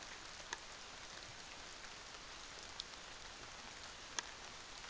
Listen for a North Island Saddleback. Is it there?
no